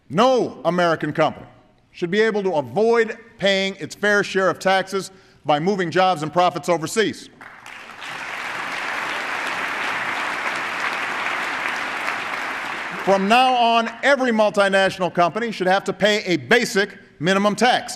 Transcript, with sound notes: no American company should be able to avoid paying its fair share of taxes by moving jobs and profits overseas. (Applause.) From now on, every multinational company should have to pay a basic minimum tax.